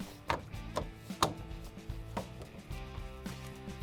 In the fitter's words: and snap the upper tabs in once you have the grill snap back in place we can close both the doors